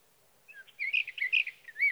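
Sage thrasher song, a short burst of jumbled warbling notes ending in a clear downslurred whistle.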